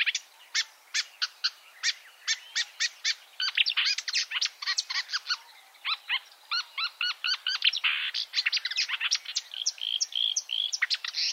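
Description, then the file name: Marsh warbler singing a fast, busy medley of sharp ticks, chattering phrases and buzzy trills, the pace quickening toward the end. "suara kicauan burung marsh warbler. omkicau"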